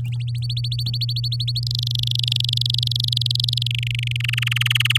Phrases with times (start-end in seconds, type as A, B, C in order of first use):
0.20-1.60 A, 1.63-3.67 B, 3.70-4.17 C, 4.20-4.98 D